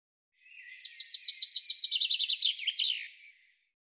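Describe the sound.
Bird song: a fast, high series of many bright chirped notes, ending with a few short, high notes.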